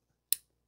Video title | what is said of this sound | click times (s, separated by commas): THEY WILL SELL OUT FAST! NEW "BEST RELEASE 2024" JUST DROPPED! | look at that they lock that is also very very cool and to unlock them you push up right here | 0.3 s